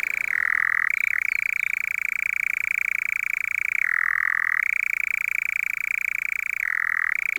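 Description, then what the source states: European Nightjar churring, a continuous rattling trill on a steady pitch, sliding briefly lower at intervals of a few seconds. Churring at dusk on open heath of Ashdown Forest grazed by cattle that keep the short shrubland open; an eerie, electric sound.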